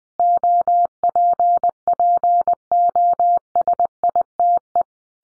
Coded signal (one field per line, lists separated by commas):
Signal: Morse code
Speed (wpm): 20 wpm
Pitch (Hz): 700 Hz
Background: none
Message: OPPOSITE